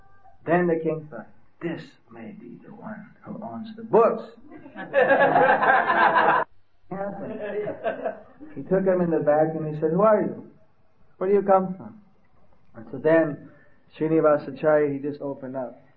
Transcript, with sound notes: then the King thought, “This may be the one who owns the books.” (laughter) ...happened? (laughter) He took them in the back and he said “Who are you? Where do you come from?” So then Srinivasacarya he just opened up